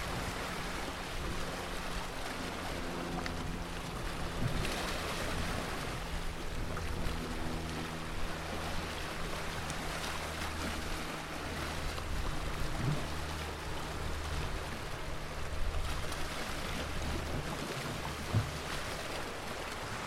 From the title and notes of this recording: Fort Mason Waves. The mesmerizing sounds of the water crashing against the piers at Fort Mason in San Francisco, California. A bit of wind may be present in the background of this track.